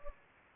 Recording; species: mosquito wingbeat signal from an infrared sensor; Anopheles gambiae